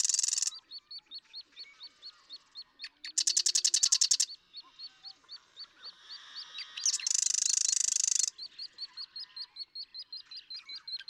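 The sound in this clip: Marsh Wren song of dry buzzy trills in three bursts, while another bird repeats a short, regular chip note steadily throughout.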